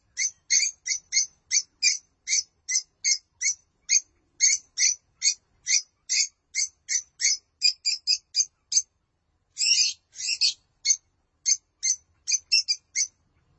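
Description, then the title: Lovebird calls: a long series of short, sharp, squeaky chirps, with one brief gap. "BM Suara Burung Lovebird"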